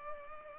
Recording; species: mosquito wingbeat signal from an infrared sensor; Culex pipiens